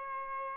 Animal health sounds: mosquito wingbeat signal from an infrared sensor; Aedes albopictus

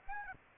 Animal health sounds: mosquito wingbeat signal from an infrared sensor; Aedes aegypti

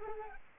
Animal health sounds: mosquito wingbeat signal from an infrared sensor; Culex pipiens

